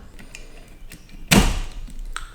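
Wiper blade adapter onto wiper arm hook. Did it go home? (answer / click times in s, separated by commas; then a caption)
yes / 1.3 s. A wiper blade adapter is hooked onto the J-hook of a wiper arm and pushed straight up, with small taps and rattles before a loud, sharp click at 1.3 seconds as it locks into place. A few lighter clicks follow, and the blade is confirmed seated on the arm hook.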